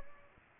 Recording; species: mosquito wingbeat signal from an infrared sensor; Aedes albopictus